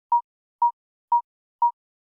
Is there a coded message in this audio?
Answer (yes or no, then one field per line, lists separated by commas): no